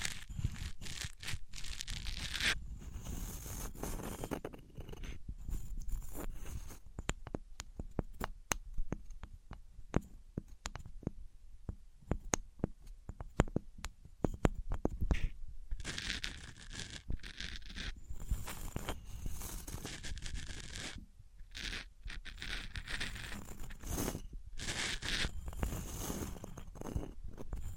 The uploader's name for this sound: Wood vs Cork, Sponge vs Foam, Glass vs Plastic